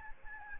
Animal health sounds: mosquito wingbeat signal from an infrared sensor; Aedes albopictus

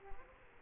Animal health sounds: mosquito wingbeat signal from an infrared sensor; Aedes aegypti

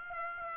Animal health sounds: mosquito wingbeat signal from an infrared sensor; Aedes aegypti

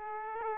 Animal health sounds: mosquito wingbeat signal from an infrared sensor; Aedes aegypti

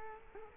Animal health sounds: mosquito wingbeat signal from an infrared sensor; Culex quinquefasciatus

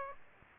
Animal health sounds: mosquito wingbeat signal from an infrared sensor; Aedes aegypti

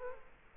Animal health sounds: mosquito wingbeat signal from an infrared sensor; Culex quinquefasciatus

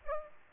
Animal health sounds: mosquito wingbeat signal from an infrared sensor; Aedes aegypti

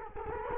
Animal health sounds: mosquito wingbeat signal from an infrared sensor; Culex quinquefasciatus

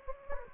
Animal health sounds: mosquito wingbeat signal from an infrared sensor; Anopheles gambiae

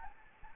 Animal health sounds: mosquito wingbeat signal from an infrared sensor; Anopheles gambiae

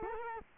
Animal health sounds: mosquito wingbeat signal from an infrared sensor; Culex quinquefasciatus

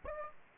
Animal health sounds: mosquito wingbeat signal from an infrared sensor; Aedes aegypti

